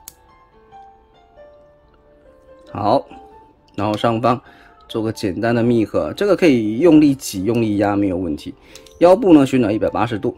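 A plastic part of a transforming car robot toy, the Deformed Automan BW 002 Pillage & Contain, is pushed into a plastic snap clip during transformation. A sharp, short snap sounds at 0.1 s as the part seats in the clip. Someone then talks for the rest of the clip.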